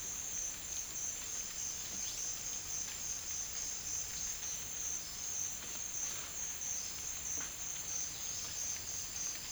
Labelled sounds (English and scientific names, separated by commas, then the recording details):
none
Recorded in secondary vegetation near Puerto Asís, Putumayo, Colombia, on 9 March 2025 at 14:00
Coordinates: 0.498, -76.327
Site G001